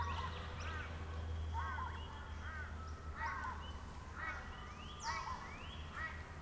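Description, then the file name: Grey shrike-thrush calling: a series of short harmonic notes with a few quick upward sweeps. "Colluricincla Harmonica"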